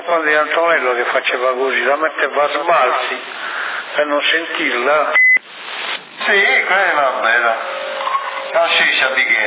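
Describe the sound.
Tinny, band-limited CB radio chatter in Sassari with voices talking, interrupted midway by a single short, steady high-pitched beep as the microphone is clicked, after which the talk resumes.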